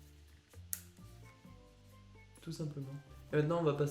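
A gamepad controller is pulled off the side of the plastic case on a Xiaomi Black Shark 2 phone, giving a sharp, loud click at 0.7 s as it releases and comes free. Someone talks over background music throughout.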